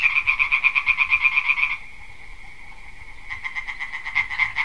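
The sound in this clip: Amphibian croaking in rapid rasping pulses, a fast rattling burst that pauses for about a second and a half before the pulsed calling resumes.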